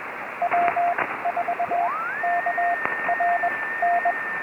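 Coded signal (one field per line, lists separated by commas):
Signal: Morse code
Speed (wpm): 19 wpm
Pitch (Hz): 690 Hz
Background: radio noise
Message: W4KRN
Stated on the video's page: Summit activation, restored recording.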